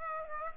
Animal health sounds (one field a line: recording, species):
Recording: mosquito wingbeat signal from an infrared sensor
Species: Aedes aegypti